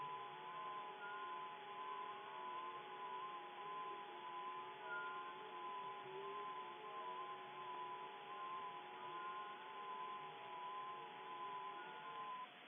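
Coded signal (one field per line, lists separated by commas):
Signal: FT8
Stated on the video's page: Received on an ICOM 7610 with a two-element hex beam, 100 W, on the 50 and 28 MHz bands.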